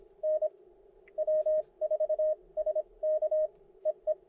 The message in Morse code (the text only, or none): N W4SK EE